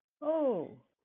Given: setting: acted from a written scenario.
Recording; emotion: vocal sound without words; realization